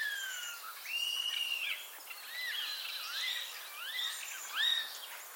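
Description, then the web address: Common starling giving a run of whistled slurred notes, some falling, some rising in short arcs, with buzzy overtones. "cianscape birddata Deverinetal 2025 File origin Bird Only More Classes St Vu"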